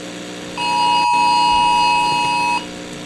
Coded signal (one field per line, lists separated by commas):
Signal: Emergency Alert System (SAME) tones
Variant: 853 and 960 Hz attention tone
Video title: EAS Scenario: The Fog PT. 1